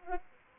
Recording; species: mosquito wingbeat signal from an infrared sensor; Anopheles arabiensis